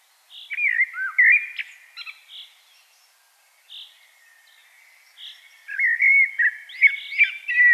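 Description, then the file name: Common blackbird song: low fluty warbled phrases that wind up and down, with squeaky higher notes and soft repeated chirps around them. "Turdus merula"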